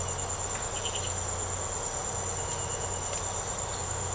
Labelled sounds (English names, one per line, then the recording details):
none
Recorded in secondary vegetation near Puerto Asís, Putumayo, Colombia, on 13 March 2025 at 05:30
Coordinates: 0.468, -76.324
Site G059